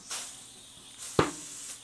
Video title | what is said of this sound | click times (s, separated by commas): Finishing touches on my new Ibis Ripmo V2 | we're not fully seated | 1.2 s